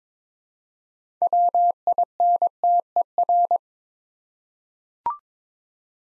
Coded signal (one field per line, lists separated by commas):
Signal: Morse code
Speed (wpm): 22 wpm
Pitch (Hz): 700 Hz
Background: none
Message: WINTER